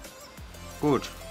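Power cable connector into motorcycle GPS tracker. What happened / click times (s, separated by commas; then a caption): Handled, not yet home: the connector has not clicked in / none. A power cable connector is being handled before it clips onto a motorcycle GPS tracker unit through a plastic snap connection. Someone talks briefly over a low background hum. Nothing has seated or clicked yet.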